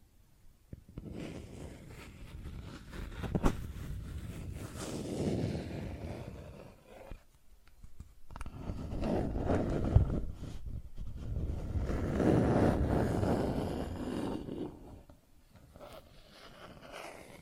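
Plastic objects are scratched and rubbed in two long, rough passes, roughly from one to seven seconds and from eight to fifteen, with a dull, rumbling, mostly low texture that swells and fades. A few sharp taps stand out near one, three and ten seconds.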